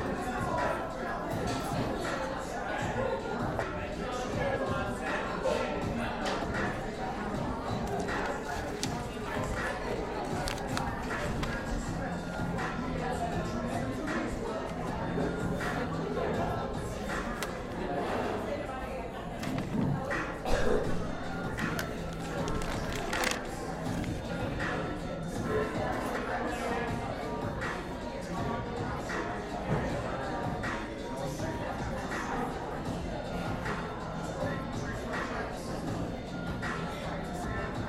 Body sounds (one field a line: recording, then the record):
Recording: background sound without coughing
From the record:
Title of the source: 60 minutes of coffee shop sounds for study and concentration